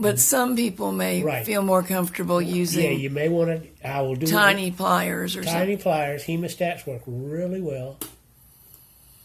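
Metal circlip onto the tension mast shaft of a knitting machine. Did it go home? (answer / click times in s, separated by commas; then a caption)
no / none. A large metal circlip is pushed with small pliers onto the tension mast post of a knitting machine while someone talks for most of the clip, followed by a near-silent stretch with one faint, brief tick at about 8.7 s. The circlip does not snap into its groove, so nothing has seated or clicked yet and it fails to lock onto the shaft.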